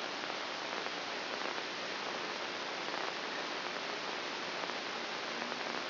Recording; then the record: brain microelectrode recording played as sound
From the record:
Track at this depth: inside the subthalamic nucleus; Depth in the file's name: 5.905 mm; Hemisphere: left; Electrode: 2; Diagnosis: Parkinson's disease